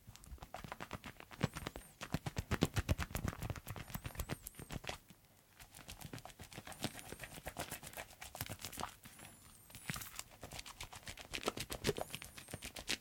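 Hands being rubbed together while washing, with a dense run of quick, sharp crackling and squishing strokes that come in bursts. A short quiet gap falls near the fifth second, then the lathery rubbing resumes, with faint high chirping sounds now and then.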